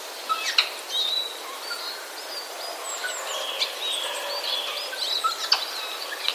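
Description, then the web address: Eurasian jay chattering in sparse bursts, with thin whistles, clicks and scratchy notes separated by quieter gaps. Chatter of jays, recorded on 31 March 2013. "wroblowe kolekcja szczebiotsojek 31 03 2013"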